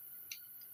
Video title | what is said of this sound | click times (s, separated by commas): Bigdog 585 camshaft install | I clicked in | 0.3 s